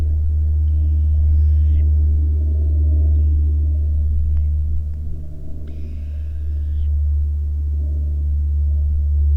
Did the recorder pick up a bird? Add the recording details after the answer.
no. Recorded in the Prudhoe Bay oil fields, Alaska, on 8 August 2019 at 13:25. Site 14